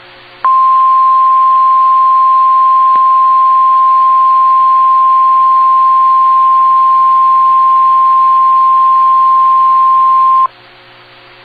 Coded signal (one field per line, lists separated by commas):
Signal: Emergency Alert System (SAME) tones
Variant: 1050 Hz attention tone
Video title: EAS #94: NWR Required Weekly Test- Jan. 6, 2016- 11:01AM PST